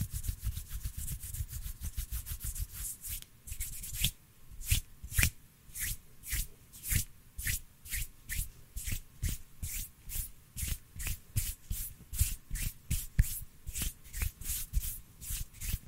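Hands rub together in quick, forceful strokes, each one a bright, dry swish with a soft low thump underneath. The first few seconds are dense and blurred together, then the strokes settle into a steady, even rhythm of about two per second to the end.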